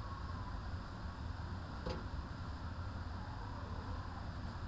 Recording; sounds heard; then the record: poultry house recording; healthy chickens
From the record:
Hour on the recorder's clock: 12